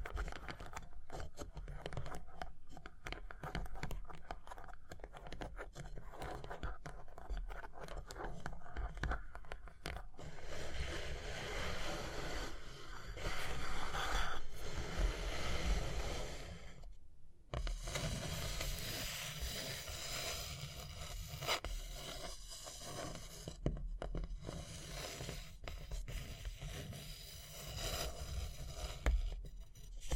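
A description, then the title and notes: Tapping and scratching, starting with rapid, dense taps and clicks over a low rumble for the first ten seconds. After that, longer bright scraping strokes take over, interrupted by a brief silence near seventeen seconds and another gap around twenty-four seconds. Tapping and Scratching (No Talking).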